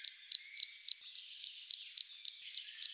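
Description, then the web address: Marsh tit giving a fast, regular string of high, sharp two-part notes, about three to four per second, each a thin high note followed by a brief lower accent. "Parus palustris"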